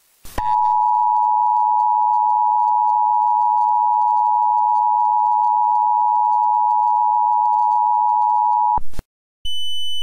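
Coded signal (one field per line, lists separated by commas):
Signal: Emergency Alert System (SAME) tones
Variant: 853 and 960 Hz attention tone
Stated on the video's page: Fictional EAS scenario, not a real alert.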